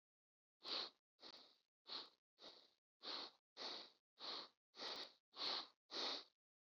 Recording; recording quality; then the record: shallow breathing; excellent, no background noise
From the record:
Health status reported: healthy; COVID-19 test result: negative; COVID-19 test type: RT-PCR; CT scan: not taken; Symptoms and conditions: none ticked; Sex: male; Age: 37 years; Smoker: no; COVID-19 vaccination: both doses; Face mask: not worn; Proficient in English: yes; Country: India